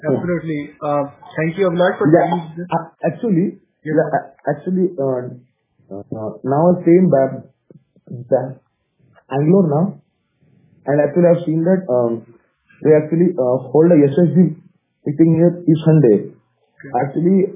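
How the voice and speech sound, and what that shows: Adult man who stammers, speaking with long pauses, stretched sounds and repeated 'actually' fillers.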